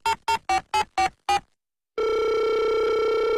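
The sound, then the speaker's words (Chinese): Telephone tones as a call is placed to a gas station: six quick, evenly spaced electronic beeps like number keys being dialed, a short pause, then a steady sustained ringing tone. No one speaks. “今儿怎么有空给我这燃气站打电话啊？”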